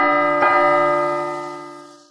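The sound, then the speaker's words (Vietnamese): A large bell tolls twice from the direction of the council hall, its rich, humming tone renewed by a fresh strike partway through, then slowly fading away with no other sounds. “Lời Hàn Lập vừa nói xong thì hai tiếng chuông lớn từ hướng nghị sự điện truyền đến.”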